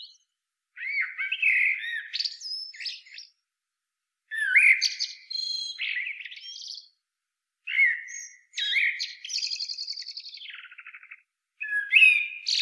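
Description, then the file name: Common blackbird song in several phrases separated by short pauses, rich fluty warbles running into squeaky, buzzy high flourishes, one ending in a short rattling trill. "Turdus merula"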